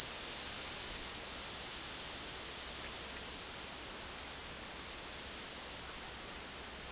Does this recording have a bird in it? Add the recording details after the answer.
no. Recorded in dense forest near Puerto Asís, Putumayo, Colombia, on 20 February 2024 at 16:00. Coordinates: 0.485, -76.325. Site G6429